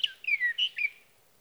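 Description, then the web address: Sage thrasher song fragment, a few quick slurred whistled notes, some falling in pitch, delivered in under a second. "birdsongforthecurious Sage Thrasher"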